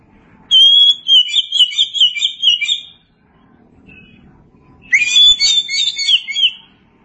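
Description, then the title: Oriental magpie-robin singing a rich, warbled phrase of whistled notes lasting about two and a half seconds, then a pause before another varied phrase begins. "Kacer"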